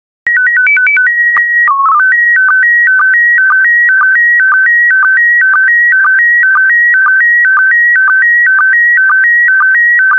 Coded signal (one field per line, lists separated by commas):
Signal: SSTV (slow-scan television)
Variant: PD 120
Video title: 155069 Canoeing and Kayaking SSTV PD120